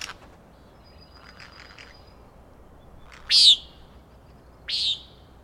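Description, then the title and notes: Common nighthawk giving two loud, buzzy, nasal peent calls a little over a second apart, with faint thin whistles from other birds earlier. Peenting calls from up to three birds flying in close formation; Schoodic Head overlook, Acadia National Park, Winter Harbor, Maine; 16 June 2017, 4am. "Common Nighthawks, Schoodic Head 061617 4am. 3 common nighthawks making peenting calls and wings booms but also a rattling noise at the Overlook (410 ft) on Schoodic Head (435 feet) Schoodic division Acadia National Park Winter Harbor, ME"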